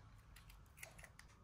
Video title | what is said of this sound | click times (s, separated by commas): School reopen Aayachu🤩 Ootappam recipe | lock பண்ணியாச்சு. | 0.8 s